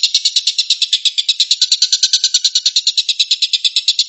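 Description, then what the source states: Stork-billed kingfisher giving a fast chattering series of raspy, high-pitched pulses that run without pause for the whole stretch. Rapid call style known locally as tembakan, meaning shooting.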